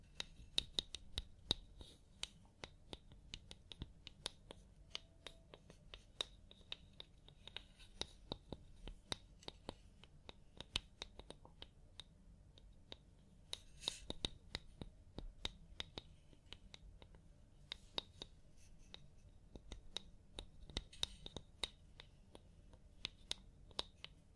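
Scalp massage during a hair wash: a steady run of sharp little clicks and crackles, many per second, over a soft low rustle. Brief denser bursts of wet, fizzy crackling rise around 8, 14 and 21 seconds.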